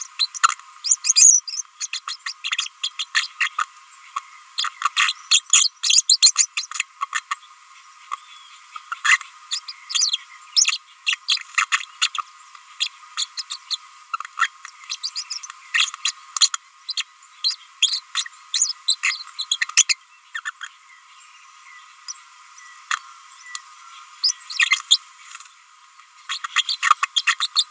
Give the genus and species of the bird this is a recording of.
Forpus passerinus